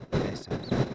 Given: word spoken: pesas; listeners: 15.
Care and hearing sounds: one Spanish word in noise, from a listening test; noise modulated by one talker; -8.8 dB; 1 of 15; 12 of 15; 0.54 s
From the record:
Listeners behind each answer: 12, 1, 1, 1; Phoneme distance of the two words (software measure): 10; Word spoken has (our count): 2 syllables, 5 phonemes, stress on syllable 1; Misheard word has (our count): 2 syllables, 5 phonemes, stress on syllable 1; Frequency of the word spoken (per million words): 3.08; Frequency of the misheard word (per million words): 21.95

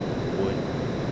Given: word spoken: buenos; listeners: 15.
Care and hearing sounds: one Spanish word in noise, from a listening test; speech-shaped noise; -4.3 dB; 0 of 15; 6 of 15; 0.72 s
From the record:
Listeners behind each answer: 6, 4, 1, 1, 1, 1, 1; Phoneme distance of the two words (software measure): 17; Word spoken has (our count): 2 syllables, 6 phonemes, stress on syllable 1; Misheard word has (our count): 2 syllables, 5 phonemes, stress on syllable 1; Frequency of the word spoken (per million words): 136.87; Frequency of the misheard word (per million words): 37.32

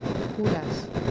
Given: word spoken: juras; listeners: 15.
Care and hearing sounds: one Spanish word in noise, from a listening test; noise modulated by three-talker babble; -3.2 dB; 1 of 15; 14 of 15; 0.71 s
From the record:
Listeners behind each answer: 14, 1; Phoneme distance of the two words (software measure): 10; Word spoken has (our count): 2 syllables, 5 phonemes, stress on syllable 1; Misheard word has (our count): 2 syllables, 5 phonemes, stress on syllable 1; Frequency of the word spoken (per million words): 0.35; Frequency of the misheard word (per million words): 8.58

